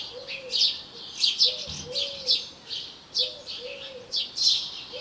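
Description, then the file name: House sparrow chirping: bursts of harsh, high chirps coming in irregular clusters, with a lower, smooth, repeated tone underneath and steady background hiss. "Passer domesticus"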